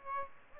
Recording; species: mosquito wingbeat signal from an infrared sensor; Aedes aegypti